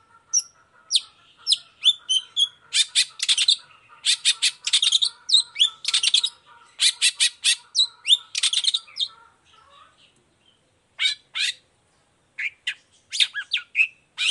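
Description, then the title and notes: Long-tailed shrike singing a lively mix of whistles, chirps and grating rattles, with brief gaps, over a faint steady tone in the first part. Gacor cendet (long-tailed shrike) singing in the morning in the 'toet toet' style with varied notes and a clear voice, offered for other cendet to imitate. "Cendet Gacor Dor Di Kala Pagi Toet Toet Variasi Suara. Cendet Gacor Suara Jernih Full Variasi Sangat Mudah Di Tiru Cendet Jenis Apapun. Burung cendet"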